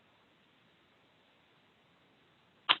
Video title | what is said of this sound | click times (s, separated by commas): Hot Product Highlight - Epson Colorworks | push it in until it clicks. So it's very easy to change. | 2.7 s